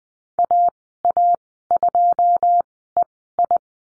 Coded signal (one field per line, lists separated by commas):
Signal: Morse code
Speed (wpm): 20 wpm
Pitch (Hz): 700 Hz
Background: none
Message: AA2EI